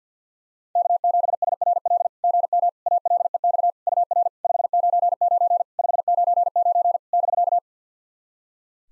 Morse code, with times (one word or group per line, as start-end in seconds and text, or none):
0.8-2.1 K7SRL
2.2-2.7 GM
2.9-3.7 ALEX
3.9-4.3 UR
4.4-5.6 599
5.8-7.0 599
7.1-7.6 <BK>